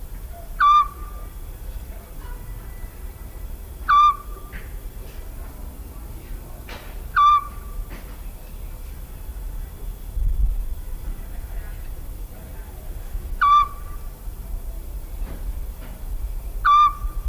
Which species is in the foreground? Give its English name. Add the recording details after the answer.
Eurasian Scops Owl. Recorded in the wild. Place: Chersonissos, Insel Kreta, GR. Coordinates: 35.3083, 25.3833. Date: 1996-09-24 22:37. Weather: sunny, 25-28°C. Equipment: Sony MD-WM MZ-R3, Sennheiser MKH 416 T, Kopie Uher 4000 Report Monitor. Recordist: Tembrock, Günter. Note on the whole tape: Rufreihen, bei Piskopiano